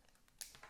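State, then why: Seated. A macro adapter with a lens attached is mounted onto a Leica M10-R camera body and turned in the bayonet mount until it locks. A sharp click lands at 0.4 seconds, followed by a softer sound at 0.6 seconds, and the adapter is seated.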